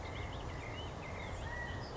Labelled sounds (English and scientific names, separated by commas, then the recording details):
California Quail (Callipepla californica)
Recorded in Sonoma County, California